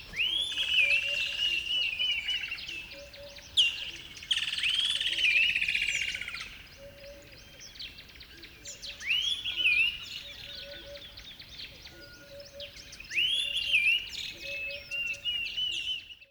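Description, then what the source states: Birds in a dense dawn chorus, overlapping whistled phrases that swoop and warble, with brief chirps and a quieter spell in the middle before louder singing resumes. Chorus of birds at a river bed at dawn.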